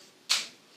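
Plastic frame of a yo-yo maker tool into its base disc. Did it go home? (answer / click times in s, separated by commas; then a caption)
yes / 0.3 s. The plastic inner frame of a yo-yo maker, with fabric over it, is pushed down into the plastic base disc, which has five snap points. A single sharp, bright snap rings out at 0.3 seconds and fades quickly. The frame snaps into place in the disc.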